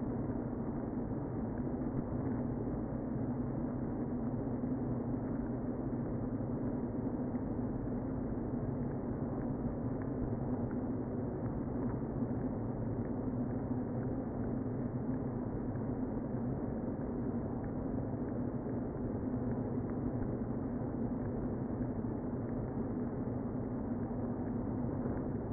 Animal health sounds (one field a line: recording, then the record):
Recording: honeybee colony, microphone inside the hive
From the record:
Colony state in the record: queen present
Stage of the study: before two queens were removed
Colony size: about 60,000 bees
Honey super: yes